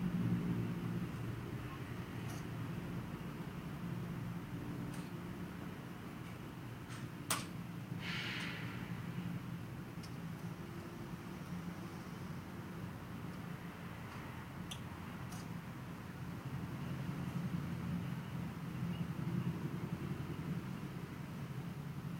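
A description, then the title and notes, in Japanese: Ambient sound recorded from a house window: a steady, low traffic-like rumble continues throughout at an even level. Sharp little clicks and ticks appear now and then, the strongest near seven seconds, followed by a brief hissy burst just after. 私の家の窓辺から録音した環境音。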